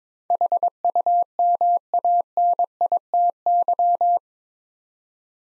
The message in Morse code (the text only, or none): HUMANITY